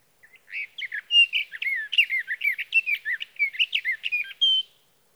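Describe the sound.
Sage thrasher with a continuous rambling song of quick, gurgling, slurred notes, rising and falling rapidly and finishing on a brief steady whistle.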